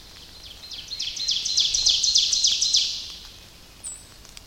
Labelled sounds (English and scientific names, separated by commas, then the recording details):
Ovenbird (Seiurus aurocapilla) song
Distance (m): 35 m
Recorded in boreal forest in Alberta, Canada, on 29 May 2016 at 05:14
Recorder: SongMeter 3, array SBT-3-49
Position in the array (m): 81 m, 250 m
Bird 14